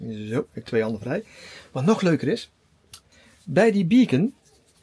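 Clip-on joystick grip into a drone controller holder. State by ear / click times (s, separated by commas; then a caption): not seated / none. A clip-on joystick grip is handled next to a drone controller's phone holder, the grip meant to click in and lock so the holder becomes a joystick controller. Someone talks throughout, with a brief sharp tick near 2.9 s in a pause. Nothing has seated or clicked into the holder yet by the end.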